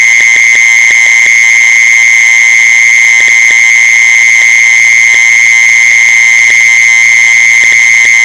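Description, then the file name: Mole cricket delivering an unbroken, high, steady trill, accompanied by a scattering of light clicks. "tieng de trui de chui"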